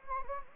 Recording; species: mosquito wingbeat signal from an infrared sensor; Anopheles gambiae